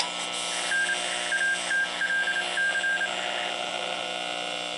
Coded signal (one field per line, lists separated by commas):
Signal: Morse code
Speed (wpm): 27 wpm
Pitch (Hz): 1600 Hz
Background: none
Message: N ATLC